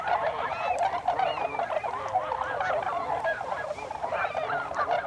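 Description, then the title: Tundra swans in a constant babble of mellow, nasal honks, many birds calling over one another without a break. Several birds, recorded 26 December 2020. "2020-12-26-Tundra-Swans"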